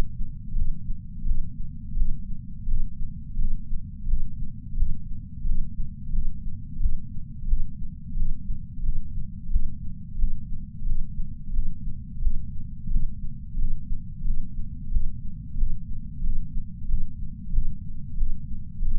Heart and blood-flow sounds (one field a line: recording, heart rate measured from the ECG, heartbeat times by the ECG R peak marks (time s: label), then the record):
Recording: heart sounds by patch sensor on the chest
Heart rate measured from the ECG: 89 bpm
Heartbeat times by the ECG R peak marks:
0.56 s: heartbeat
1.26 s: heartbeat
1.97 s: heartbeat
2.68 s: heartbeat
3.39 s: heartbeat
4.08 s: heartbeat
4.77 s: heartbeat
5.46 s: heartbeat
6.13 s: heartbeat
6.80 s: heartbeat
7.48 s: heartbeat
8.17 s: heartbeat
8.84 s: heartbeat
9.51 s: heartbeat
10.19 s: heartbeat
10.86 s: heartbeat
11.54 s: heartbeat
12.22 s: heartbeat
12.91 s: heartbeat
13.59 s: heartbeat
14.25 s: heartbeat
14.92 s: heartbeat
15.58 s: heartbeat
16.24 s: heartbeat
16.89 s: heartbeat
17.53 s: heartbeat
18.18 s: heartbeat
18.82 s: heartbeat
From the record:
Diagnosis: coronary artery disease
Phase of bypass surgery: preoperative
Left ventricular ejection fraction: 64.4%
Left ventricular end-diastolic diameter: 43 mm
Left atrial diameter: 35 mm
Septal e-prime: 6.9 cm/s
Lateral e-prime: 11.4 cm/s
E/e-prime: 9.7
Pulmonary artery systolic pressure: 22 mmHg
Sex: female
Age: 58 years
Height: 155 cm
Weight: 55 kg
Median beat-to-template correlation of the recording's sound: 0.95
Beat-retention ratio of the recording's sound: 0.99